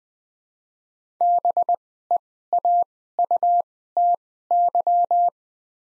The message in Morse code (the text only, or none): BEAUTY